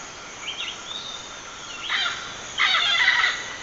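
Bird calls: a few thin rising notes, then two loud, harsh, scratchy squawks, over constant background hiss.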